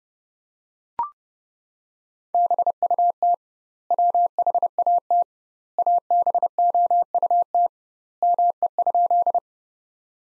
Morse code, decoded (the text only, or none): BUT WHAT ABOUT ME?